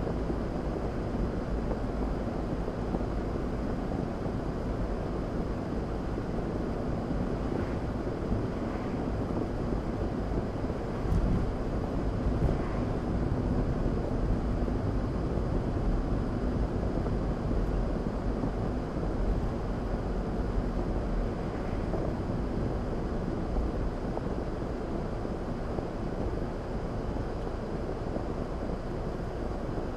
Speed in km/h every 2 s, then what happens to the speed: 53, 50, 50, 50, 48, 50, 50, 48, 47, 44, 40, 34, 26, 18, 5.
0-12 steady at about 50. 12-30 slows to 5.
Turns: none.